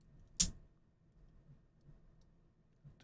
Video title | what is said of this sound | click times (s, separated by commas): Astronomical Control Unit status update [~LIVESTREAM~] | two so basically there's like three clicks and | 0.4 s, 3.0 s